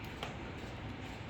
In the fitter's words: 이어폰을 동그란 버튼 위쪽에 있는 구멍에다가 끝까지 딸깍 소리 나게 끝까지 밀어 넣어서 꽂아줍니다.